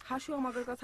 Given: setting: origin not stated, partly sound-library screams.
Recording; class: one-second piece from a danger detection set; normal situation